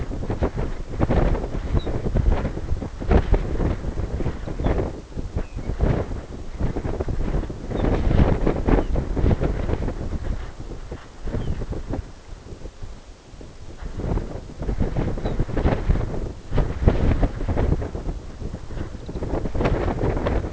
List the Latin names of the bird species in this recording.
Calcarius lapponicus